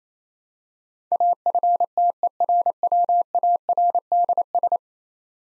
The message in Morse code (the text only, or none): AFTERWARDS